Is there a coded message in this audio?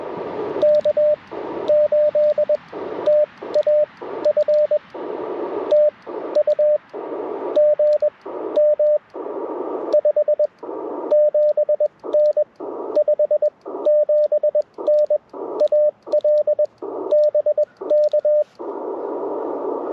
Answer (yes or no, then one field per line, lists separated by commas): yes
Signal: Morse code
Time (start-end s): 0.6-18.4 s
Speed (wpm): 21 wpm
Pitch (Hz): 600 Hz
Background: radio noise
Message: K8TAF TU GM 57N 57N AL BK